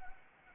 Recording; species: mosquito wingbeat signal from an infrared sensor; Anopheles arabiensis